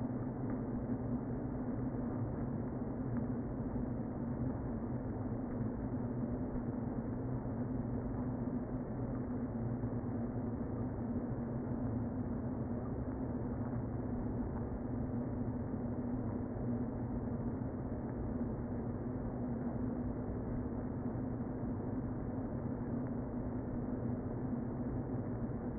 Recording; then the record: honeybee colony, microphone inside the hive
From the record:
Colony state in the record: queen present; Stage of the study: before two queens were removed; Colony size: about 60,000 bees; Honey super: yes